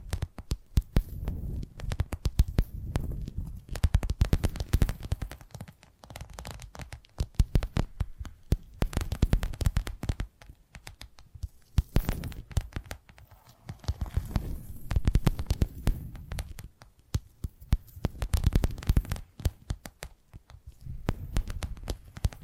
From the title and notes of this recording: ASMR 10 Addictive Tapping Triggers. (No Talking).